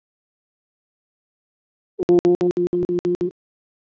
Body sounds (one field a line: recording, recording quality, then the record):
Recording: sustained vowel as in boot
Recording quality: moderate, slight background noise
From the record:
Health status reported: COVID-19 positive, mild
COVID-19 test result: positive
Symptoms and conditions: cough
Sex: male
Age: 30 years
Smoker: not ticked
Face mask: not worn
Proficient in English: yes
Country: India